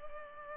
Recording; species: mosquito wingbeat signal from an infrared sensor; Culex pipiens